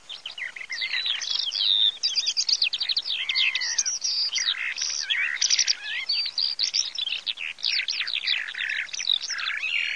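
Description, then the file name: Eurasian skylark pouring out an unbroken, rapid warbling song of high chirps, trills and twittering notes that runs throughout without pause. "ALLODOLAMARIO"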